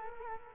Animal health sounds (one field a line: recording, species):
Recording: mosquito wingbeat signal from an infrared sensor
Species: Culex quinquefasciatus